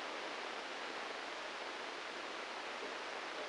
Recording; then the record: brain microelectrode recording played as sound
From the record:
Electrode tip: inside the subthalamic nucleus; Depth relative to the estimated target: 4 mm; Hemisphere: right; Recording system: NeuroSet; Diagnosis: Parkinson's disease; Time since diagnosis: 9 years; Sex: male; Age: 56 years